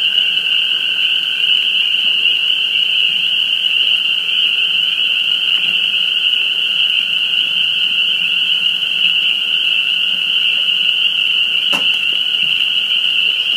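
Spring peepers in a dense, unbroken chorus of high, shrill peeping calls that merge into a steady ringing drone, with a lower steady hum beneath and one brief click.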